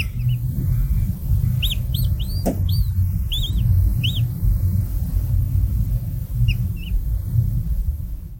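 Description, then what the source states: Masked lapwing embryonic calls: thin, arched high chirps in short bursts, a cluster in the first half and two more near the end, over a constant low rumble. 28-day-old masked lapwing chick calling from inside its egg before hatching, recorded by Kristal; such embryonic calls are thought to aid parent-chick communication.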